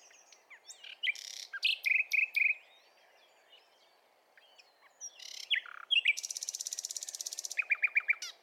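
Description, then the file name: Common nightingale singing phrases of repeated sharp notes, then after a pause a rapid rattle of many notes, followed by more repeated notes. "Luscinia megarhynchos"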